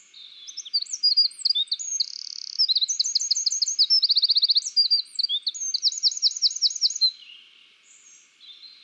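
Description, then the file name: Eurasian wren delivering one long, loud song of piercing chips, buzzy notes and several rapid rattling trills lasting about seven seconds, then fading to quiet. "Troglodytes troglodytes"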